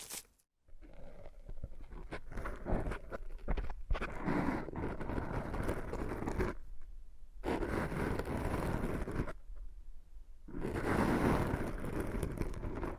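Foam massage: dense, rough squishing and rubbing that fills the low and middle range, with a steady grainy hiss above. The rubbing runs in long stretches broken by brief pauses near the start, around seven seconds and around ten seconds, then resumes strongly.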